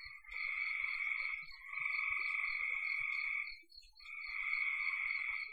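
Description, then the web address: Frogs calling in long buzzy trilled croaks lasting a second or more, overlapping in a steady chorus with brief pauses between bursts. "cn frogs"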